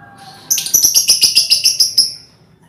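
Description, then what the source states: Lovebird chattering: a fast run of many harsh, high notes packed into under two seconds, then silence. Lovebird ngekek song style, used as a lure song (kicau pancingan).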